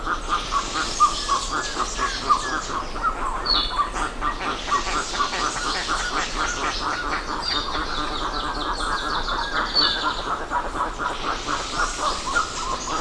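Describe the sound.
Many birds call together in a continuous chattering chorus of rapid, overlapping notes, with occasional higher squeals rising above.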